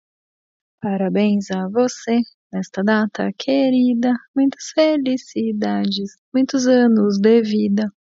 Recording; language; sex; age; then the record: short text; Brazilian Portuguese; female; 30 to 39 years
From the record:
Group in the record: control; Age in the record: 36 years